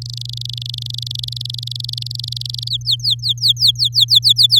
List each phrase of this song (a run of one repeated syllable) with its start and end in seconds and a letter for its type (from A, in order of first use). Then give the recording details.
0.02-2.69 A, 2.70-4.60 B. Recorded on 11 May 2018 at 09:39. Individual llb16